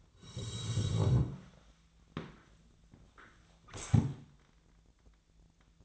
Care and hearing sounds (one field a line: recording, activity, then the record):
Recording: daily activity, microphone in the room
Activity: sit down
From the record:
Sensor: 3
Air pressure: 1000.4 hPa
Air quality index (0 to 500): 171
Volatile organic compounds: 3 ppm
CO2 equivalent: 1486 ppm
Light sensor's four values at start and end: 14/33/14/15 and 15/33/14/15